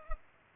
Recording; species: mosquito wingbeat signal from an infrared sensor; Culex pipiens